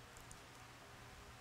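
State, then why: Not seated. The quick-connect plug of a microphone is being handled and pushed toward the matching connector on the wiring harness of a Whelen 100 Watt Air Horn Plus with PA function. Only quiet, steady rustling and a faint brief tick near 0.3 s are heard, and nothing has seated or clicked yet.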